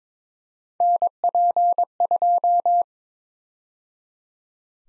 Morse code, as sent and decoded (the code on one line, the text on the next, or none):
-. .--. ..---
NP2